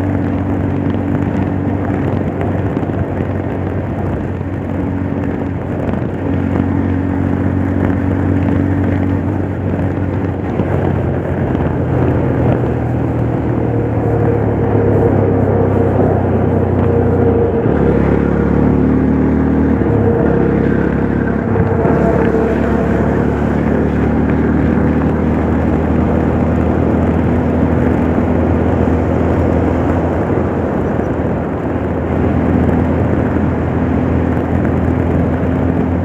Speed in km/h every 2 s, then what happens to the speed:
98, 97, 96, 97, 95, 84, 71, 63, 66, 70, 75, 81, 84, 86, 86, 87, 87, 88.
0-8 steady at about 97. 8-14 brakes to 63. 14-24 speeds up to 84. 24-36 steady at about 86.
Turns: none.